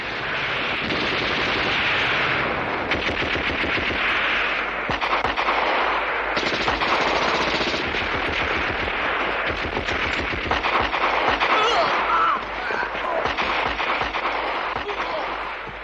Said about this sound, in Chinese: 当五一反扫荡打得最紧张最激烈的时候，在滹沱河的下游赵庄发生了一次地裂山崩的战斗。 杀声、喊声、枪声、炮声响成了一锅，从拂晓打到黄昏，从黄昏打到天明，直打得硝烟漫地，火光冲天。